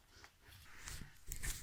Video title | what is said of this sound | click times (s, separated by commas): Toyota Camry Oxygen Sensor Replacement 2007 to 2011 bank 1 sensor 1 | You want to make sure you pop this in until you actually hear the click. | 1.3 s